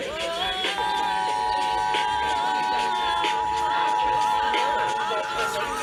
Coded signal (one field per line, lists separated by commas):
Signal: Emergency Alert System (SAME) tones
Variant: 853 and 960 Hz attention tone